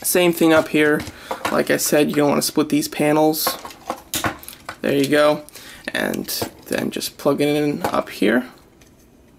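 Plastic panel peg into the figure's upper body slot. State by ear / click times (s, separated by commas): not seated / none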